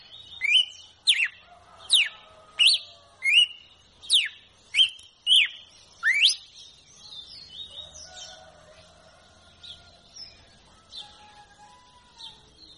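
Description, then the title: Red-cowled cardinal song: several bright downslurred whistles in quick rhythm, then softer, scattered, quieter whistled notes trailing off. Female red-cowled cardinal song, used to warm up and stimulate a male to sing. "Canto Galo Campina Fêmea"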